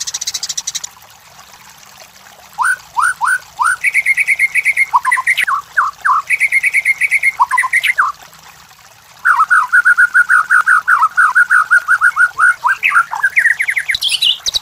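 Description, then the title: White-rumped shama song: clear whistled notes in short bursts, some sliding up and down, then a long run of quick, rolling, fluty phrases near the end. White-rumped shama song, used to train cage birds. "MASTERAN MURAI BATU LABAIK"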